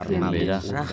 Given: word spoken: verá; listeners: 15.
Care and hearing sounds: one Spanish word in noise, from a listening test; four-talker babble; -0.2 dB; 1 of 15; 6 of 15; 0.52 s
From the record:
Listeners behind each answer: 6, 1, 1, 1, 1, 1, 1, 1, 1, 1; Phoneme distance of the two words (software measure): 45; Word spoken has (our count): 2 syllables, 4 phonemes, stress on syllable 2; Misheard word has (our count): 4 syllables, 9 phonemes, stress on syllable 3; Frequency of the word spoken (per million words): 22.44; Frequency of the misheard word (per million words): 33.27

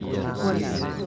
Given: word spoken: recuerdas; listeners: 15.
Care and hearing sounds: one Spanish word in noise, from a listening test; eight-talker babble; -2.2 dB; 1 of 15; 7 of 15; 0.66 s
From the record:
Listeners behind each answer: 7, 1, 1, 1, 1, 1, 1, 1, 1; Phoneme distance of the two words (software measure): 14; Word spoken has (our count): 3 syllables, 9 phonemes, stress on syllable 2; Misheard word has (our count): 2 syllables, 7 phonemes, stress on syllable 1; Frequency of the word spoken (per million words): 5.42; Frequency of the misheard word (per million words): 11.99

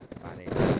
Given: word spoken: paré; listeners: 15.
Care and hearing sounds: one Spanish word in noise, from a listening test; noise modulated by one talker; -12.5 dB; 1 of 15; 8 of 15; 0.40 s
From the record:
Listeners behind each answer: 8, 1, 1, 1, 1, 1, 1, 1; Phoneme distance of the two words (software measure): 7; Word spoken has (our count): 2 syllables, 4 phonemes, stress on syllable 2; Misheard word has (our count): 2 syllables, 5 phonemes, stress on syllable 2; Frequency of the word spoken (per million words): 1.69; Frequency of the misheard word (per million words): 44.55

